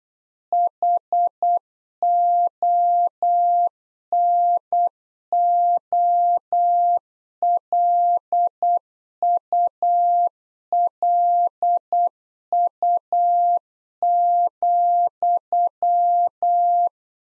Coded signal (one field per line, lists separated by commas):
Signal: Morse code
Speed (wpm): 8 wpm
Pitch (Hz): 700 Hz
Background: none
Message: HONOLULU,